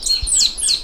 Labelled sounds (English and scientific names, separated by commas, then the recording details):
Stitchbird (Notiomystis cincta) song
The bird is a male
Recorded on Tiritiri Matangi Island, New Zealand, in 2005
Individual 10, of nest box 12